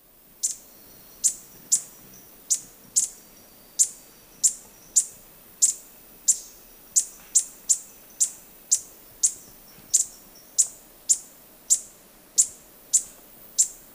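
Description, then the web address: Violet-tailed sylph uttering sharp, high, downslurred chips repeated in a long, fairly steady series, over faint background hiss. Recorded in Ecuador. "Birds of Ecuador. Violet-tailed Sylph"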